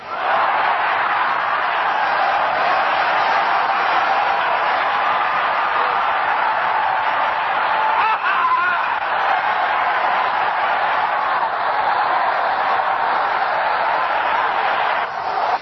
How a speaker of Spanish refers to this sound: Vamos a dar un gritito de clamor. Voy a señalar y va levantando la mano y dando un gloria a Dios. ¡A su nombre!